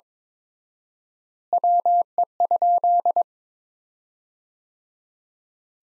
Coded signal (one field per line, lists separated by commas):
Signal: Morse code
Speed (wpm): 22 wpm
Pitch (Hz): 700 Hz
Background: none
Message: WE?